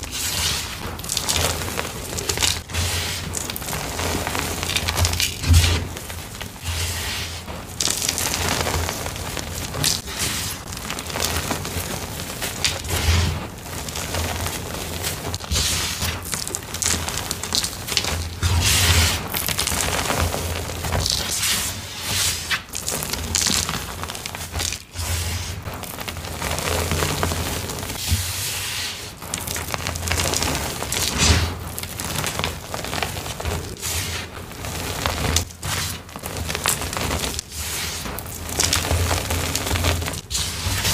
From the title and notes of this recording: Deep Blue Dyed Chalk + Black Glitter Mix. Loud, soft crunchy asmr oddly satisfying gym chalk crushing sounds.